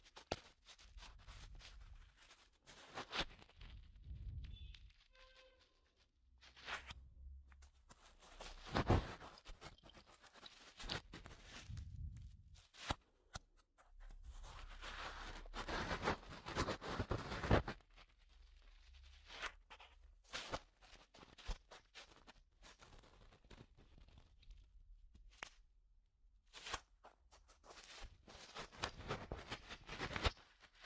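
An ear pick scrapes and rubs in uneven bursts, with sharp crackling clicks, soft low thumps and short quiet gaps between strokes.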